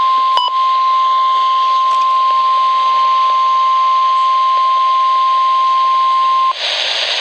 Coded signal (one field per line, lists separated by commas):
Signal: Emergency Alert System (SAME) tones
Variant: 1050 Hz attention tone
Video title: Winter Storm Warning, Wind Chill Advisory for North Central MD {EAS #1477}